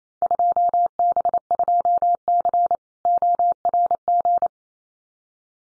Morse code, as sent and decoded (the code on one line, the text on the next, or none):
..--- -... ..--- -.-. / --- .-. --.
2B2C ORG